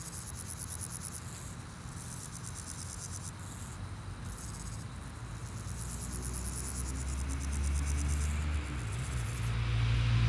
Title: Chaussée de Tervueren, Pins Noirs, Auderghem, Bruxelles-Capitale, 1160, Belgique - Sauterelles - Grasshoppers